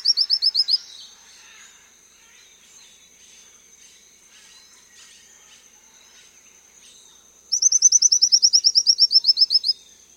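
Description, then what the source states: Tropical gnatcatcher song: a fast, high, even trill of repeated notes, given twice with a long pause between, over a steady thin high hum. South America.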